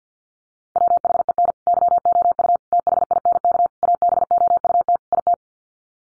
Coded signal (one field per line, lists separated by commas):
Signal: Morse code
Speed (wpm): 50 wpm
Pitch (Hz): 700 Hz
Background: none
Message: WHEN YOU THINK ABOUT IT